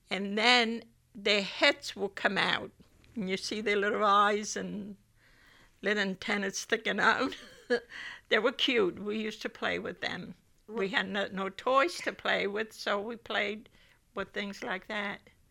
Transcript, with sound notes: And then their heads would come out, and you see their little eyes and little antennas sticking out. (she laughs) They were cute. We used to play with them. We had no toys to play with, so we played with things like that.